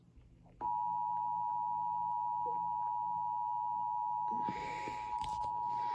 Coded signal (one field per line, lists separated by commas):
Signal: Emergency Alert System (SAME) tones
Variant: 853 and 960 Hz attention tone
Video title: Severe Thunderstorm Warning EAS#477